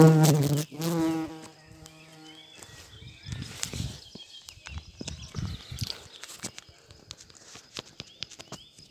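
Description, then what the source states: Bumblebee buzzing, two brief low hums in the first two seconds, then rustling and faint bird notes. Bumblebee buzzing in flight, recorded on 7 May 2022.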